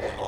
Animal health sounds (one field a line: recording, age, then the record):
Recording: pig call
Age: piglet (1 to 25 days)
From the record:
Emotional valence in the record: negative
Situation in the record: crushing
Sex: female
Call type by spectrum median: low-frequency call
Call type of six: low-frequency stable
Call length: 0.28 s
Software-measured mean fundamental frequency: 55 Hz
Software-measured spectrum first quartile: 452 Hz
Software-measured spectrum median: 680 Hz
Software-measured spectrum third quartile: 1290 Hz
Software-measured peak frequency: 547 Hz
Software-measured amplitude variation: 112 dB a second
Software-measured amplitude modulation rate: 17.9 a second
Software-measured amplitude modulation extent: 6.3 dB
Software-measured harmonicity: 0.6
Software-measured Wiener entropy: -0.84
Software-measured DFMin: 955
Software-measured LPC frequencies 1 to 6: 575, 1875, 2537, 3413, 5339, 6226 Hz